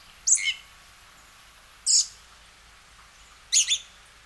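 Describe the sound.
Western red-legged thrush calling: three bright, high notes, some slightly doubled, spaced about one and a half seconds apart against quiet background hiss.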